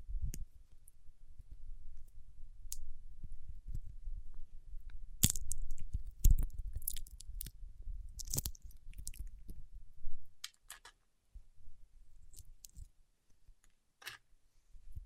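Fingertips rubbing and pressing on wax, with soft low rumbles and scattered sharp clicks and crackles, busiest around five to ten seconds.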